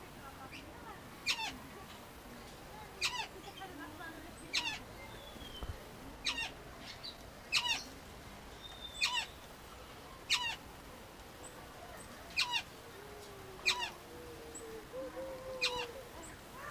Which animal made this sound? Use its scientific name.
Eclectus roratus